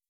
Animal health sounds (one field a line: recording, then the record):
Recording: hydrophone in a shrimp aquaculture tank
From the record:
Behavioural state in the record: weakened